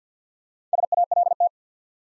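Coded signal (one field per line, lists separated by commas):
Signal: Morse code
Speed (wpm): 48 wpm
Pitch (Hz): 700 Hz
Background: none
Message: SALT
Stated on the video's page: Morse practice set at 50 wpm, building 4-letter words one letter at a time.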